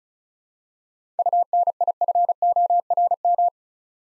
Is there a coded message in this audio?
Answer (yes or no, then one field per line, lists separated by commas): yes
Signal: Morse code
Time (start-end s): 1.2-3.5 s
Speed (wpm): 36 wpm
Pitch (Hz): 700 Hz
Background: none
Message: UNIFORM